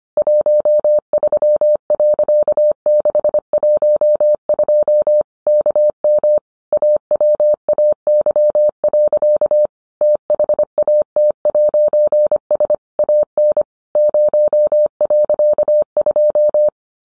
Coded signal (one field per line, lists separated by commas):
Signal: Morse code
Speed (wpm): 25 wpm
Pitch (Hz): 600 Hz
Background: none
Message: 13.612 KM AWAY. THAT'S AN 0.2